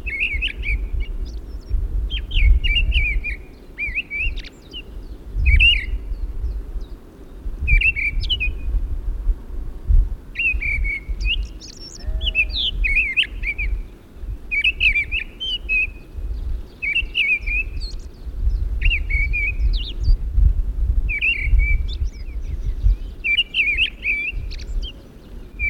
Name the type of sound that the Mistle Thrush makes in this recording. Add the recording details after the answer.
song. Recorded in the wild. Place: Pingarati, Moldova, RO. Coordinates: 46.93, 26.187. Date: 1973-04-18 11:15. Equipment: Nagra III BH, Sennheiser MD 21, parabola. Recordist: Schubert, Michael. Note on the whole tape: Gesang Misteldrossel